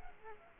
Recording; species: mosquito wingbeat signal from an infrared sensor; Culex quinquefasciatus